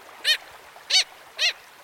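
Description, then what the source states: Black Skimmer giving a flight call: three short, nasal, bark-like notes over a quiet background. Bark-like call that sounds like a distant dog barking, given by a bird in flight at a wildlife refuge in Virginia.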